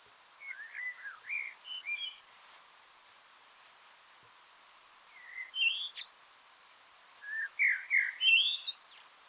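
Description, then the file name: Eurasian blackbird song: fluted, wavering phrases in short bursts, with a thin high whistle near the start and a louder twittery flourish at the end. "Turdus merula"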